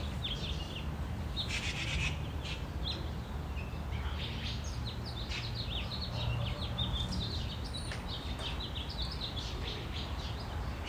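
Birds chirp and sing busily in a Phoenix backyard over a steady low rumble, likely a passing plane, throughout the morning.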